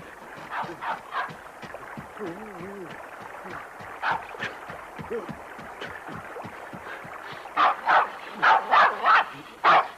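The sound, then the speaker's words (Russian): A dog chasing someone fleeing across a small bridge barks and yips in scattered bursts, ending in a loud, rapid run of about five sharp barks, with some whining tones mixed in earlier. “Через мостик убегает от собаки.”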